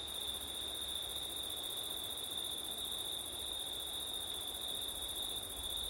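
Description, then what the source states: Cricket: continuous shrill trill over quiet wind noise. September night, with wind; ORTF stereo microphone setup.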